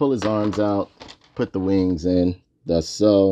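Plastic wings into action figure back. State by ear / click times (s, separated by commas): not seated / none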